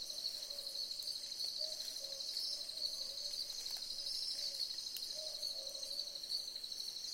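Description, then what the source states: Southern boobook hooting low paired 'boo-book' notes several times beneath a loud, steady high-pitched insect chorus. Several owls calling together in a chorus.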